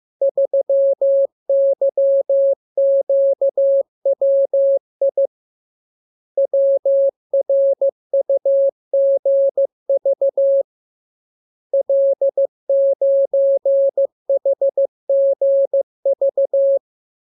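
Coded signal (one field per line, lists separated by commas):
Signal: Morse code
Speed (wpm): 15 wpm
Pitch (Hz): 550 Hz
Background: none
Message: 3YQWI WRUGV L9HGV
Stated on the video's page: Morse code lesson 30 on letters, numbers and punctuation; radiogram opens with VVV and a section sign, ends with AR.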